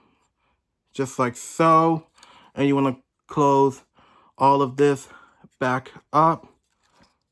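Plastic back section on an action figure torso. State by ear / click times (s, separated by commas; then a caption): not seated / none. Someone talks while handling the plastic back section on the torso of a Transformers Studio Series Soundwave (G1) transforming action figure, having revealed the head sculpt and now closing the back section back up. Only speech is heard in the clip. Nothing has seated or clicked yet.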